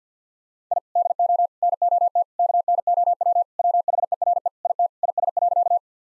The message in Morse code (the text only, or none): I DO NOT KNOW WHERE IT IS.